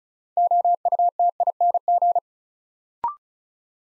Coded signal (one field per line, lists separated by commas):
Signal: Morse code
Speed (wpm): 36 wpm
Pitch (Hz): 700 Hz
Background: none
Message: OUTING